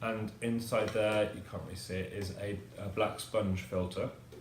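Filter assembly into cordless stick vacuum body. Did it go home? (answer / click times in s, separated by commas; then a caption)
no / none. A filter assembly, a cyclone filter with a black sponge filter inside, is handled for refitting into a VAX Blade Cordless 24v stick vacuum body. Someone talks throughout while the filter housing is being put back. Nothing has seated or clicked yet.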